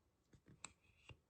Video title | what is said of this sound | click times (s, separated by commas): Welcome new VIP | You're going to hear that click. | 0.7 s